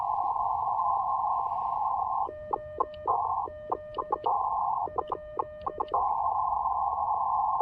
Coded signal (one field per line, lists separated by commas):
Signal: Morse code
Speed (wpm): 18 wpm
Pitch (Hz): 1800 Hz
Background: none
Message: OZ ?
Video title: Breaking in my new-to-me Elecraft K2 and CW Morse N0SA SP4 precision paddles!